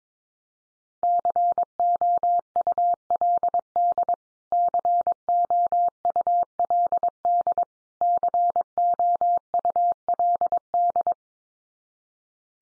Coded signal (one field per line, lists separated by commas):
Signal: Morse code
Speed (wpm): 22 wpm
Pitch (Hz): 700 Hz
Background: none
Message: COULD COULD COULD